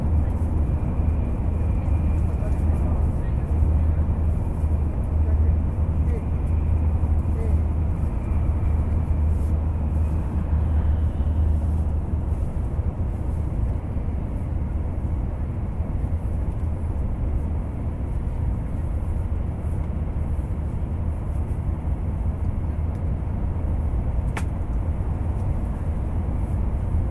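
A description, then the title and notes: A city train rumbles steadily throughout, a heavy, low roar that stays constant in level with no breaks. A deep droning tone runs under the first twelve seconds or so, and a faint whine sits above it early on, with a brief sharp click near twenty-four seconds. CITY TRAIN AMBIENT SOUND.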